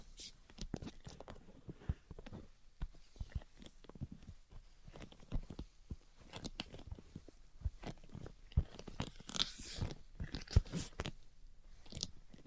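Tapping, scratching and tracing sounds come as a dense run of short, crisp clicks and taps with brief scratchy strokes between them. The taps are irregular, several per second, dry and crunchy with a bright edge, over a quiet background for the full twelve seconds.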